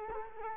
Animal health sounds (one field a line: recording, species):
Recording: mosquito wingbeat signal from an infrared sensor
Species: Culex quinquefasciatus